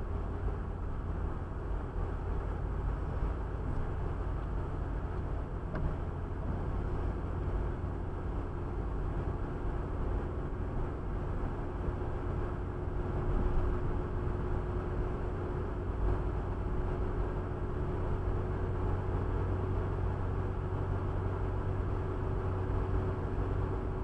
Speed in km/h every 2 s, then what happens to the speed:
80, 80, 81, 82, 83, 84, 85, 85, 86, 87, 88, 89.
0-24 speeds up to 89.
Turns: none.